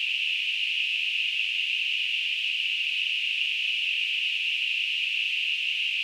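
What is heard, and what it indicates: Simulated tinnitus: a steady, continuous hiss-like band of noise centred around 2.5–3 kHz, unchanging in pitch and loudness throughout, with no low-frequency content.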